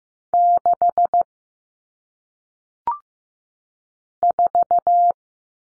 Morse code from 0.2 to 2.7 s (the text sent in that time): 6